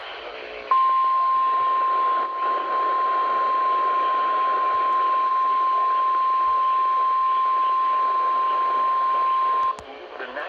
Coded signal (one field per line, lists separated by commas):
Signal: Emergency Alert System (SAME) tones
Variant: 1050 Hz attention tone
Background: speech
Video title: CRAZANITY I: THE STORMS RETURN... EAS Alerts from 5/26/21 (EAS #221-259)